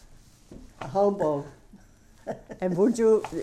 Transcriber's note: laughs